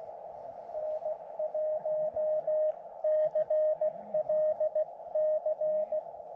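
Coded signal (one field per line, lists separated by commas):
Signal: Morse code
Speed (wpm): 17 wpm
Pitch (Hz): 620 Hz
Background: radio noise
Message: N1CLC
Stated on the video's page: Summits On The Air activation sharing one rig, hunting summit-to-summit contacts, testing a random wire antenna.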